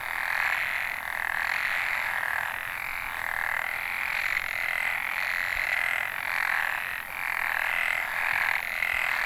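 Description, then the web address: Many frogs croak together in a continuous pulsing chorus that rises and falls in waves every second or so, over a constant hiss. Recorded in northern Nanyo, Ehime Prefecture, Japan, on 29 May 2014. "e h i ehimekennanyohokubu tr 140529 kaeru"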